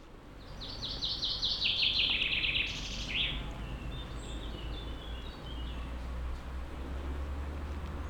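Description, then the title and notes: Common chaffinch song early on, a cascading run of trilled notes dropping in pitch and ending in a flourish, then a steady low hum and soft background. Chaffinch singing in a forest at Montcel, Savoie, France; binaural recording. "Village Tipi, Route du Revard, Chalets de la Clusaz, Montcel, Chambéry, Savoie, Auvergne-Rhône-Alpes, France métropolitaine, , France - Pinson. Dans la forêt un pinson envoie sa ritournelle on entends aussi des insectes volants passer rapidement . Captation binaurale"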